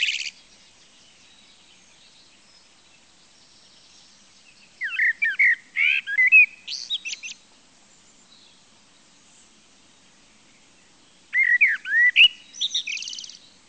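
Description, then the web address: Common blackbird song: two bursts of fluted, warbling phrases ending in thin squeaky high notes, separated by several seconds of quiet, after a brief high squeak at the start. "chants Merle noir"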